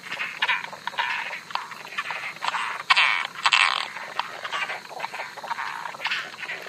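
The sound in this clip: Latouche's frog calling in short, harsh, rasping bursts that repeat irregularly, with a couple of louder notes near three seconds over constant background hiss.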